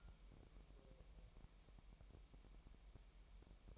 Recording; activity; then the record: daily activity, microphone in the room; take from stove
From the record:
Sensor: 1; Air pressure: 1002.0 hPa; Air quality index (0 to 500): 246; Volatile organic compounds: 50 ppm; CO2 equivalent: 3300 ppm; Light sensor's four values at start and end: 5/13/5/6 and 5/13/5/6